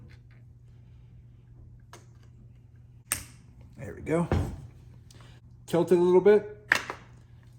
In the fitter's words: locks in place okay